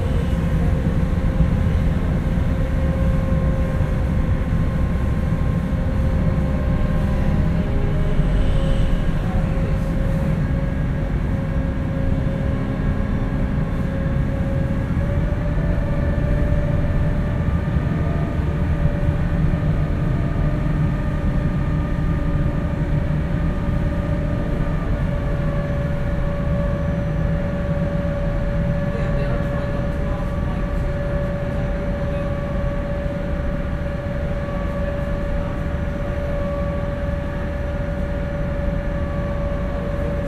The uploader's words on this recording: Today's soundscape was recorded on the passenger ferry that makes the short harbour crossing from Gosport to Portsmouth here on the south coast of England. Binaural.